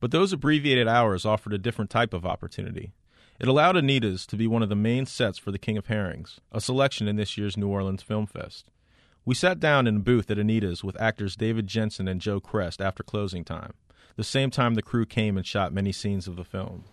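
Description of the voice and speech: A single adult man narrates in a clear, even voice at a steady conversational pace, with brief pauses between phrases. Articulation and voice quality are ordinary, with no hoarseness, slurring or dysfluency: typical fluent adult speech.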